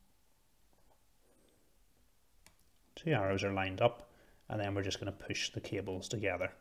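A plastic 5V RGB cable plug is lined up by its arrows with the mating RGB cable connector before the two are pushed together, and nothing has seated or clicked yet. A faint tick is heard near 2.5 s, then someone talks from about 3.0 s to the end.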